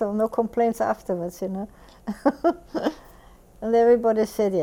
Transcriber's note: she laughs